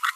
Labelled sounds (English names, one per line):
Green-rumped Parrotlet babbling